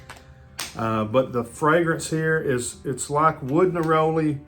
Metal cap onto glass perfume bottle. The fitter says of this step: know plate or Diamond textured wrap the cap is super heavy clicks into place